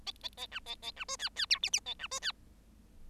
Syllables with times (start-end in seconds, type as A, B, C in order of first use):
0.06-0.11 A, 0.23-0.28 A, 0.37-0.47 A, 0.51-0.60 B, 0.66-0.75 A, 0.82-0.92 A, 0.96-1.04 B, 1.08-1.17 C, 1.19-1.29 D, 1.36-1.46 D, 1.50-1.59 E, 1.62-1.70 F, 1.73-1.80 F, 1.86-1.94 A, 1.99-2.08 B, 2.11-2.20 C, 2.22-2.32 D